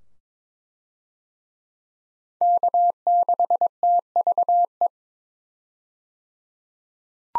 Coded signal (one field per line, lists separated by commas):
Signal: Morse code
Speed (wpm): 22 wpm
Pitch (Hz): 700 Hz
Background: none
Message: K6TVE